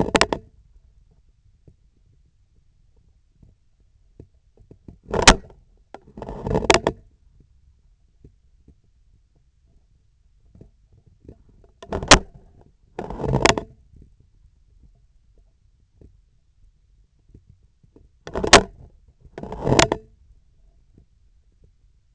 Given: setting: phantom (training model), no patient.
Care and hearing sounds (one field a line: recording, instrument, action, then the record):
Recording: laparoscopic instrument, vibration sensor on the handle end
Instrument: scissors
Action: opening and closing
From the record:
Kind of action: tool actuation without material contact